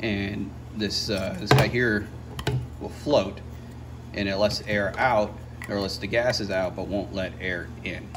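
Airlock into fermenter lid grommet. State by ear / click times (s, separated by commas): not seated / none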